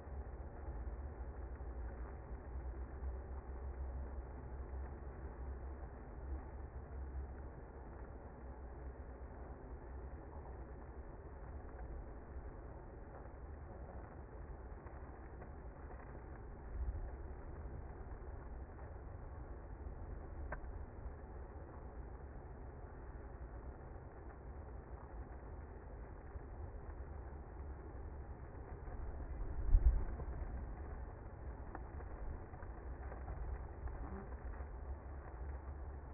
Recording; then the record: honeybee colony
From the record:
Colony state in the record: active